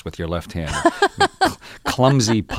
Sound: laughter

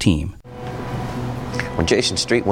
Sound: Soundbite of television program, Friday Night Lights

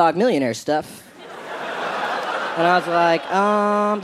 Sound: soundbite of laughter

